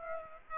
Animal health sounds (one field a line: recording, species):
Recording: mosquito wingbeat signal from an infrared sensor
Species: Aedes aegypti